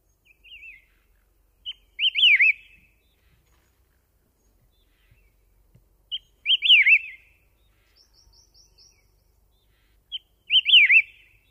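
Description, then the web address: White-whiskered laughingthrush giving a loud, wavering whistled phrase, each led by a short note, repeated roughly every four seconds, with faint high notes between. Recorded at Yushan, Taiwan. "台灣噪眉. Yushan"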